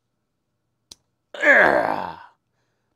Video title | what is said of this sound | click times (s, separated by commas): Agora Models 1:18 scale Mitsubishi A6M Zero Fighter partwork kit pack 2 stages 6 through 15 | positive click that's what we want we want those positive clicks everybody | 0.9 s